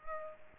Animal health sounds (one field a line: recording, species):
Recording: mosquito wingbeat signal from an infrared sensor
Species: Culex pipiens